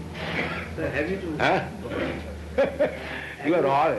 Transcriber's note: laughs